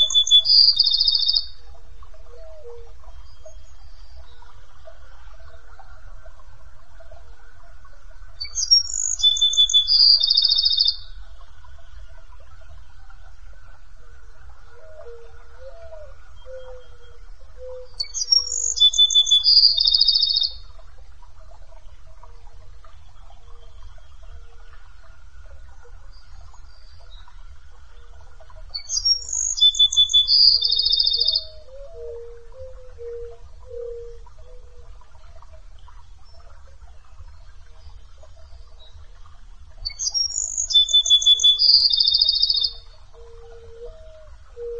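A bird repeats a bright, short song phrase about every ten seconds, with faint lower calls and a soft low rumble between.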